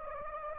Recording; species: mosquito wingbeat signal from an infrared sensor; Anopheles gambiae